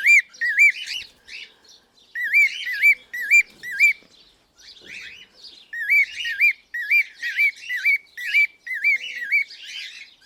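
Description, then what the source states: Cockatiel calls: short, hooked, upward-sweeping whistled notes in quick runs separated by brief silences. Pearl colour variety.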